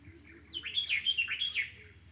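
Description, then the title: Dark-capped bulbul giving one short, bubbling phrase of quick liquid notes that rise and fall, lasting about a second, over faint low hum. Recorded in the Okavango. "intotheokavango dark capped bulbul"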